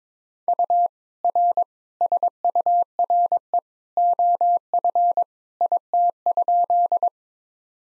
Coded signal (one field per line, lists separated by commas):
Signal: Morse code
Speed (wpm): 21 wpm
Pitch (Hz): 700 Hz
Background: none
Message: U R SURE OF IT?